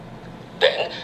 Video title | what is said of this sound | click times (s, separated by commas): Panasonic - Installing R410A gas - Part 2 | turn the flare handle clockwise until a click sound is heard | 0.6 s